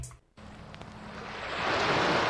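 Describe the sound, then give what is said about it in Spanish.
Rushing floodwater from an overflowing stream, normally about 20 metres wide and swollen to several hundred metres, roars steadily with a dense, hissing wash that swells louder over a couple of seconds, following a brief dropout at the start. Flood of 24 April. “Un arroyo de 20 metros eran de, no sé, 300, 400 metros, 500 metros.”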